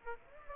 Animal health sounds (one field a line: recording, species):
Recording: mosquito wingbeat signal from an infrared sensor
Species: Aedes aegypti